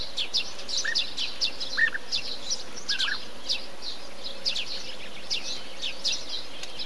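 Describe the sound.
Bee-eater calls: a few short rolling notes at irregular intervals, with higher chirps and faint background noise.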